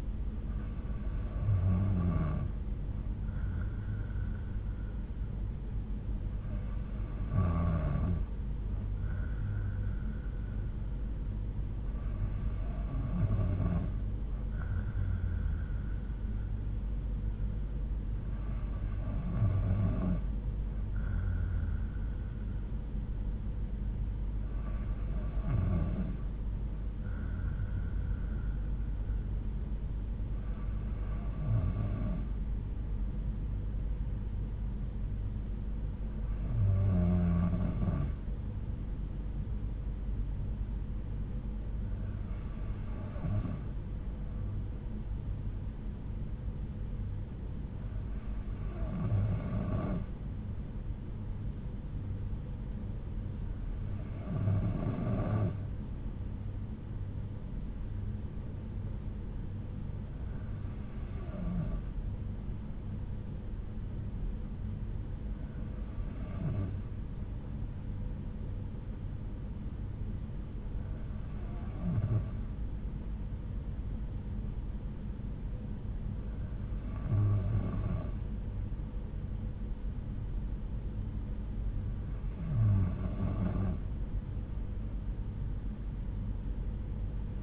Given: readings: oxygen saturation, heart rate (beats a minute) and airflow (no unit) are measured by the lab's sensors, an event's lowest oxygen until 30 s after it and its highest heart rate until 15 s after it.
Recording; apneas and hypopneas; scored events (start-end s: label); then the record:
breathing in sleep by a smartphone at the bedside; none
56.00-86.00 s: new sleep stage, N3 (deep sleep)
86.00-87.43 s: new sleep stage, N2 (light sleep)
From the record:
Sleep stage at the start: N2 (light sleep); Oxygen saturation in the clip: 92 to 93%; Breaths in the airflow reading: 15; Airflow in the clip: -5.3 to 3.8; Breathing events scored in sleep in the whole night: 368 in 8.0 hours asleep